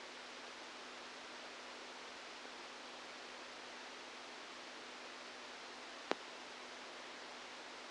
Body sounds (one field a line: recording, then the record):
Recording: brain microelectrode recording played as sound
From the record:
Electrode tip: outside the subthalamic nucleus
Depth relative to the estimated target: -4 mm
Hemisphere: left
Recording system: NeuroSet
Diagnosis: Parkinson's disease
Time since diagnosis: 17 years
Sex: male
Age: 64 years